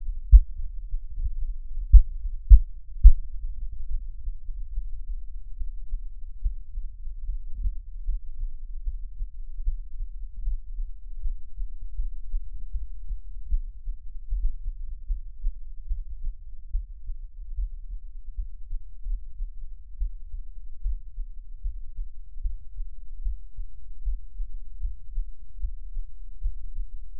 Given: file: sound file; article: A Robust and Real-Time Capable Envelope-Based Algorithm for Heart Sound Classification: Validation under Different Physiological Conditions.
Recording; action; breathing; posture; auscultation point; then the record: heart sounds by electronic stethoscope; rest; normal; lying on stomach; Erb’s point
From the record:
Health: healthy, no known heart disease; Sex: male